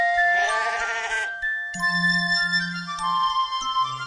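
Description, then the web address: Sheep bleating once in a wavering, quavering tone near the start, followed by steady sustained musical tones and a low hum. "Happy Baby series Nature Happy Babies Series-Nature - Sheep"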